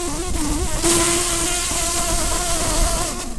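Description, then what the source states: Common carder bee buzzing: a steady, low droning hum with layered overtones, holding a nearly even pitch throughout, briefly louder about a second in. Queens.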